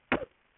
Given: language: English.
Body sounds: throat vibration sensor signal played as sound; cough

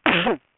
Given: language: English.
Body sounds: throat vibration sensor signal played as sound; cough

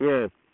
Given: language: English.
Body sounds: throat vibration sensor signal played as sound; speech

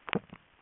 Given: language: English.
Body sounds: throat vibration sensor signal played as sound; swallow

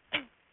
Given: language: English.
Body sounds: throat vibration sensor signal played as sound; cough

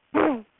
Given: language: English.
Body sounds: throat vibration sensor signal played as sound; throat clearing

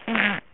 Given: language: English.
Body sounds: throat vibration sensor signal played as sound; throat clearing

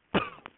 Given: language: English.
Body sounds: throat vibration sensor signal played as sound; cough

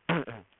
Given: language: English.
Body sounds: throat vibration sensor signal played as sound; throat clearing

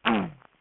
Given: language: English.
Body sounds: throat vibration sensor signal played as sound; throat clearing

